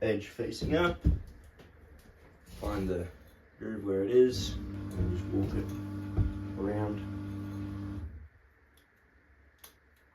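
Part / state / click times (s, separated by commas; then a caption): piston ring into piston ring groove / seated / 9.6 s. A piston ring is walked around a piston from a Sea-Doo 787 jet ski engine, bevelled edge facing up, lined up with its groove, while someone talks and a steady tonal hum sounds in the background. Speech stops after about 8.2 s, and a single sharp snap at 9.6 s marks the ring seating in its groove.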